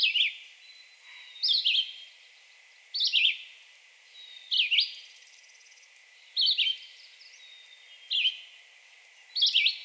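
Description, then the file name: Red-eyed Vireo song: short whistled phrases, several sharply downslurred, delivered one after another with pauses between. Recorded 2 June 2020. "2020-06-02 Red-eyed Vireo"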